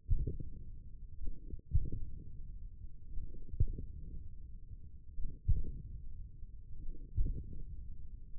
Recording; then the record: forearm muscle sounds (acoustic myography)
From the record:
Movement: wrist extension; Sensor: system 1, eight BSWA MPA416 microphones around the upper forearm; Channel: 2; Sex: male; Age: 42 years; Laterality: right